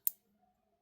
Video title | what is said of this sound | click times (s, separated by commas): Gemstone Orphanage Beads | So it's going to go in here. Push it in until it snaps | 0.1 s